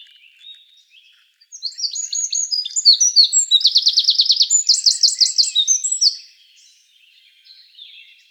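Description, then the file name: Eurasian wren singing: one loud, rapid song of about four and a half seconds, with high notes running into fast rattling trills, then quiet. "Troglodytes troglodytes"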